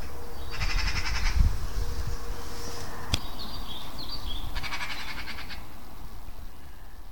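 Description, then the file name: Eurasian magpie chatter: two dry, rattling bursts about four seconds apart, with a single sharp click between them, over constant low rumbling noise. "Pica pica"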